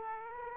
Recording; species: mosquito wingbeat signal from an infrared sensor; Aedes aegypti